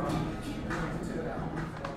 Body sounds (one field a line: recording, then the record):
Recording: background sound without coughing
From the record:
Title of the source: 60 minutes of coffee shop sounds for study and concentration